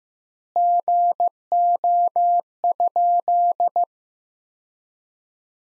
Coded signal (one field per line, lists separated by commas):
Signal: Morse code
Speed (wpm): 15 wpm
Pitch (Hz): 700 Hz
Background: none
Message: GO?